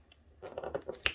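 Two resin diamond-art drills are pressed into place on an adhesive diamond painting canvas, making a few soft, crunchy taps from about 0.4 s. A sharp, bright click rings out at 1.1 s as a drill clicks into place and is seated.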